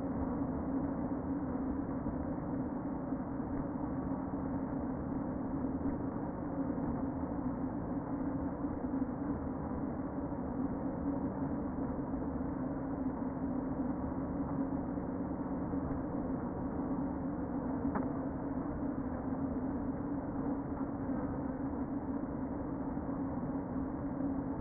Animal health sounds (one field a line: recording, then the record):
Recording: honeybee colony, microphone inside the hive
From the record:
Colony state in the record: queen present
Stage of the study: before two queens were removed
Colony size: about 60,000 bees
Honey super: yes